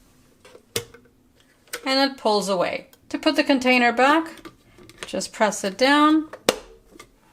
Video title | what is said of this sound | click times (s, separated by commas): Nespresso by De'longhi Essenza Mini Review and Demo | and it'll click into place. | 7.0 s